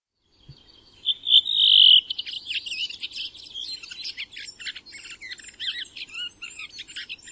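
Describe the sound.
Bird singing, opening with a clear high whistle that flows into a quick, varied twittering warble continuing to the end.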